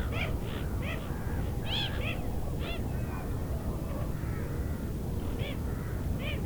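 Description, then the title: Eurasian wigeon whistles, several sharp rising-falling notes in quick succession, over a steady low rumble. Wigeon calling on Roskilde Fjord at Veddelev, Denmark; Sony PCM-D100 recorder with internal microphones. "Roskilde Fjord, Veddelev, Denmark - Wigeon calls on the fjord"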